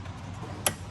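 An engine sensor's electrical wiring connector is pushed back onto its plastic socket on the intake tube after an S&B cold air intake install on a 2017 Ram 3500. Over a low, steady background hum, a single sharp, bright tick sounds at 0.7 s, and the connector is confirmed seated.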